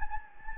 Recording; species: mosquito wingbeat signal from an infrared sensor; Anopheles gambiae